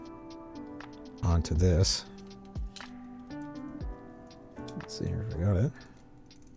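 A small plastic "duck face" part of a 1/100 MG F-90 Gundam P-Type model kit is pressed onto another kit part while someone talks over background music. Faint plastic handling ticks come through, but nothing has seated or clicked yet.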